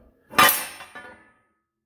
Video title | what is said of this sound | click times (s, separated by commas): Holland 5th wheel | close that fifth boom did it hard enough it locks in place everything's good | 0.4 s